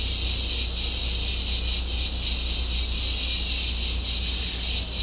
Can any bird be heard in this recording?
no